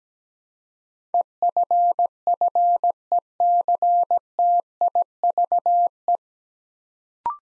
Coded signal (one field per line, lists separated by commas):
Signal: Morse code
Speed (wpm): 17 wpm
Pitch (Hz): 700 Hz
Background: none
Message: EFFECTIVE